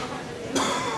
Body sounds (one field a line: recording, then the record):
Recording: coughing mixed with background sound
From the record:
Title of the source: Mid-morning Winter Coughing Fit